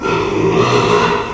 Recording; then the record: squeal of a Yucatan mini pig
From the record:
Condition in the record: after surgery on the right vocal fold (resection and tissue-engineered implant); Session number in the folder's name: 1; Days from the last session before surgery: 6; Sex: male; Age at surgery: 12 weeks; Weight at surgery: 13 kg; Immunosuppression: cyclosporine, prednisolone